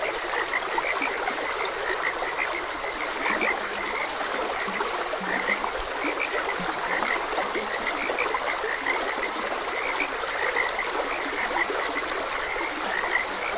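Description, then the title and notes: Constant frog chorus, clipped croaks tumbling over one another at a steady pitch, accompanied throughout by the whoosh of a stream. Frogs croaking beside a gentle stream. "Frogs Croaking. Sleep and Relaxation Podcast"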